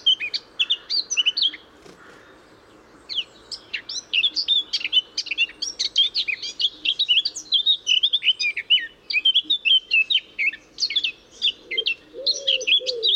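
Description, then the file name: Eurasian blackcap song in warbled runs of squeaky and fluty high notes, with a short pause near the start. "Sylvia atricapilla"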